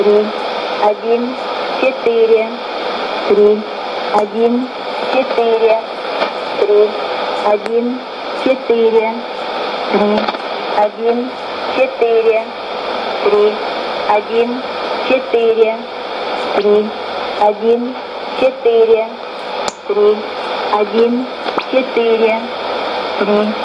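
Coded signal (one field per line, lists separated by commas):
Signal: numbers station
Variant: S06s Russian Lady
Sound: female voice reading digits steadily, repeating three-digit group 3-1-4, over radio hiss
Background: radio static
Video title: 19 05 2016 Number station S06s Russian Lady to Eu 0930 on 9255 unknown tx site CUSB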